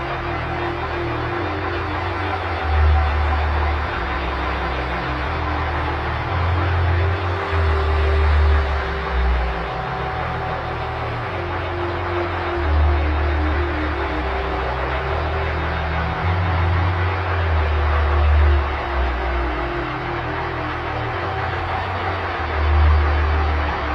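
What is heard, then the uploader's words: An ominous bass drone pulses in slow swells beneath a steady wash of distorted noise, dense and unchanging across the whole stretch. Ominous Bass Drone Overdubbed With Distorted Noise Samples.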